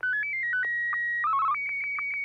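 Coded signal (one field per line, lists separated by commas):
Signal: SSTV (slow-scan television)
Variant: Martin 1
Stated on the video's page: Amateur SSTV net on FM repeater 441.300 MHz in Sacramento, images sent with MMSSTV.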